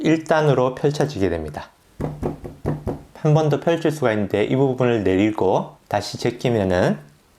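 Someone talks throughout as a release part on a small plastic tabletop tripod is folded down so the leg can swing further out toward its second, lower angle stop. The tripod leg's angle lock has not yet clicked into that second-stage position; nothing has seated by the end of the clip.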